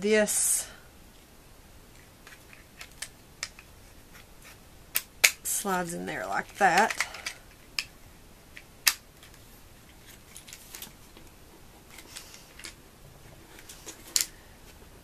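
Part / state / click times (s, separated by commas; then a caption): phone clamp piece into car mount mounting / not seated / none. The plastic phone clamp piece of a universal 2-in-1 smartphone car mount is slid onto the car mount's plastic mounting and pushed while someone talks. Scattered sharp plastic taps and knocks are heard, with a louder burst of scraping and rubbing around 6 to 7 seconds. The clamp has not clicked or seated onto the mounting yet.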